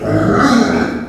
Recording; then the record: squeal of a Yucatan mini pig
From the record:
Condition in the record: after surgery on the right vocal fold (resection and tissue-engineered implant); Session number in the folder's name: 7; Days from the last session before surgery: 47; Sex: female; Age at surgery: 19 weeks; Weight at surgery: 25 kg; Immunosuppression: prednisolone